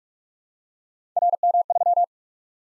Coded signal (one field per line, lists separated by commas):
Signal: Morse code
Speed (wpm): 44 wpm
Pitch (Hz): 700 Hz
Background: none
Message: RM3